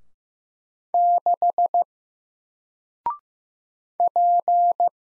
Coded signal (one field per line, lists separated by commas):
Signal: Morse code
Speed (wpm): 15 wpm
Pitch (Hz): 700 Hz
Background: none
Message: 6 P